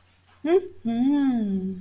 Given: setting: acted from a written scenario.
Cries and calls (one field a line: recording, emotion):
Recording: vocal sound without words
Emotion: realization